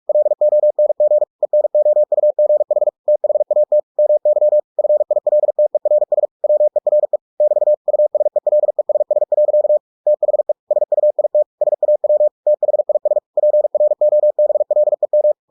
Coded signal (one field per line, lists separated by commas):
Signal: Morse code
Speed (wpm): 46 wpm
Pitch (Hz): 600 Hz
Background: none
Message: LONG ENOUGH THAT MY FILTERS WERE <BT> USELESS. THE SUIT SAW THIS PROBLEM